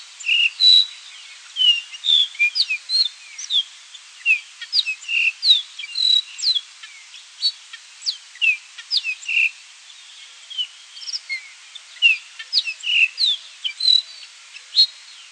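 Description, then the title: Baywing song: a busy stream of short, high chirps, whistles and quick slurred notes, with steady faint background hiss. "LuckyPassaro Completos2Sama. Baywing (Agelaioides badius)"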